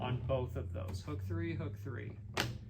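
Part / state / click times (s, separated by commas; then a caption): fabric panel stretcher strip into a wall panel frame / not seated / none. Someone talks while an installer uses a stretching tool on hook three to work a fabric panel's stretcher strip toward a wall panel frame channel, with a brief sharp sound near 2.4 seconds. Nothing has seated or clicked yet; the strip is still being handled and is not home in the frame.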